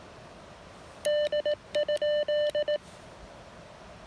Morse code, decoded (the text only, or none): D?